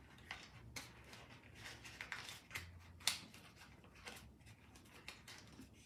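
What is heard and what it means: A cardstock gift-box tab is pushed into its cut-line slot. Soft paper rustles and small crinkly ticks lead to a sharp snap at 3.1 s as the tab seats, followed by quieter handling sounds.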